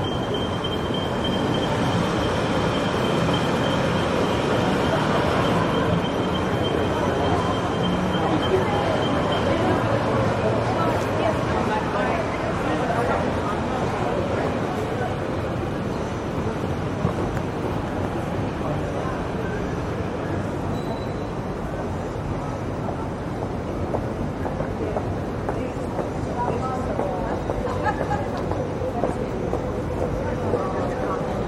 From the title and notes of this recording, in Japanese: シドニー市内 Townhall の騒音。そのメインストリートのGeorge street にて行き交う人々を眺めながらゆっくり過ごします。忙しく行き来する人の声 TRAMの行き交う音 ランチをする女性の会話。